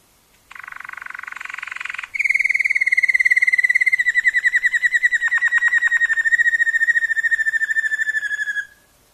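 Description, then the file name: Waterslager canary song: a short buzzy trill, then a long rapid rolling trill sliding gently downward for about six seconds before stopping. Waterslager canary song variations. "kenari waterslager variasi omkicau"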